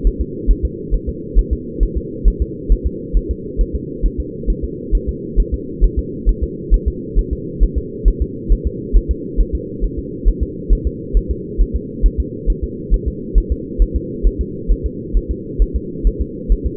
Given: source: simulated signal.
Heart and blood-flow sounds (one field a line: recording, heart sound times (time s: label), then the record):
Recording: fetal heart sounds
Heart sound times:
0.07 s: S1
0.21 s: S2
0.51 s: S1
0.65 s: S2
0.94 s: S1
1.09 s: S2
1.39 s: S1
1.53 s: S2
1.83 s: S1
1.97 s: S2
2.28 s: S1
2.42 s: S2
2.72 s: S1
2.87 s: S2
3.17 s: S1
3.31 s: S2
3.61 s: S1
3.75 s: S2
4.06 s: S1
4.20 s: S2
4.50 s: S1
4.64 s: S2
4.95 s: S1
5.09 s: S2
5.40 s: S1
5.54 s: S2
5.84 s: S1
5.99 s: S2
6.29 s: S1
6.43 s: S2
6.74 s: S1
6.88 s: S2
7.19 s: S1
7.33 s: S2
7.63 s: S1
7.78 s: S2
8.08 s: S1
8.22 s: S2
8.52 s: S1
8.67 s: S2
8.97 s: S1
9.11 s: S2
9.40 s: S1
9.55 s: S2
9.84 s: S1
9.99 s: S2
10.28 s: S1
10.43 s: S2
10.73 s: S1
10.87 s: S2
11.17 s: S1
11.31 s: S2
11.61 s: S1
11.76 s: S2
12.06 s: S1
12.20 s: S2
12.50 s: S1
12.64 s: S2
12.94 s: S1
13.08 s: S2
13.38 s: S1
13.52 s: S2
13.82 s: S1
13.96 s: S2
14.27 s: S1
14.41 s: S2
14.72 s: S1
14.86 s: S2
15.17 s: S1
15.31 s: S2
15.62 s: S1
15.76 s: S2
16.07 s: S1
16.21 s: S2
16.52 s: S1
16.66 s: S2
From the record:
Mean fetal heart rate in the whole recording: 135 bpm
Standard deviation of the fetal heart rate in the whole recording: 3 bpm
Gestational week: 36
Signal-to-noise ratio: -4.1 dB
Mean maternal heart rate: no maternal heart sound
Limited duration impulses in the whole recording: absent